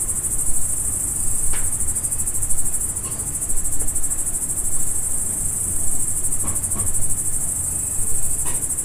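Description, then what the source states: Crickets chirping in a dense, steady high trill that runs unbroken throughout, with a few faint soft clicks and a low rumble beneath. Crickets heard at dusk on a farm in Emmental.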